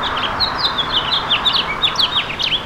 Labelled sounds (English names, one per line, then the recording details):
House Finch song
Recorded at Babylon on Long Island, New York, on 18 May 2013
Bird F